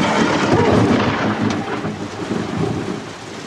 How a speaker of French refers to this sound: Oui, parce qu'on est, bon, on est au sein du nuage, on voit pas ce qui se passe autour de nous. Hein? On subit l'orage, là. Il y a des flashs tout autour, là.